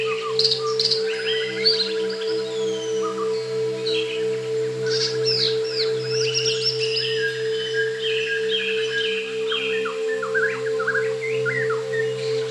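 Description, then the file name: White-crowned shama delivering varied melodious phrases, sharp upslurs and trilled notes in bursts with short gaps, accompanied by a continuous low humming noise. Natural sound of the bird. "suara alam murai batu mahkota"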